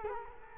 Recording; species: mosquito wingbeat signal from an infrared sensor; Culex quinquefasciatus